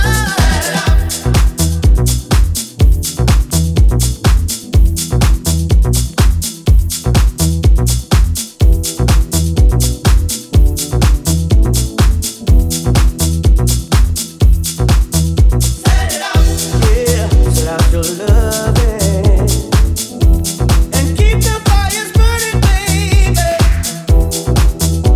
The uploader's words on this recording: August 16 new house sounds.